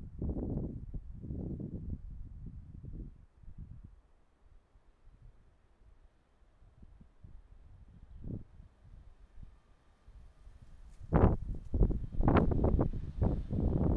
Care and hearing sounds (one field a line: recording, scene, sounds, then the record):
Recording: everyday scene through a hearing-aid microphone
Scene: wind on the microphone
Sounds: wind, traffic, birds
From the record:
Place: suburban garden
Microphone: behind the ear, right, rear